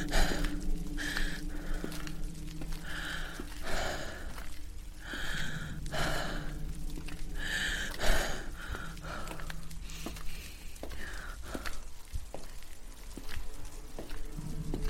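Someone hiding in an old church breathes heavily and unevenly, each rasping breath arriving every second or two. A sharper gasp stands out around eight seconds, and a low, steady hum runs beneath the whole clip.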